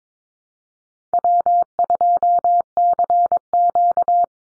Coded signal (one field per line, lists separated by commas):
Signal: Morse code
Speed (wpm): 22 wpm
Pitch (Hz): 700 Hz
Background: none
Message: W2CQ